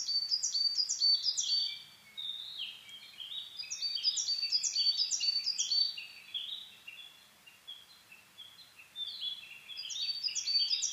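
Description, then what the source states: Coal tit with three bursts of rapid, high, repeated notes, accompanied by lower, longer sliding whistles between phrases. Recorded 22 May 2010 at 17:41, Japan.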